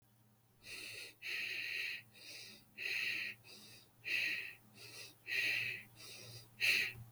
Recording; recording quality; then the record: shallow breathing; excellent, no background noise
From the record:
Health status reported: healthy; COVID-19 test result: negative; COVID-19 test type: RT-PCR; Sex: female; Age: 21 years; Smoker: no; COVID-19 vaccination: one dose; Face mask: not worn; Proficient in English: yes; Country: India